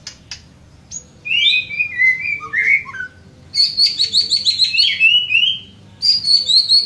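White-rumped shama song: loud, fluty whistled phrases sliding up and down, then rapid rattling trills mixed with clear notes, repeated in bursts.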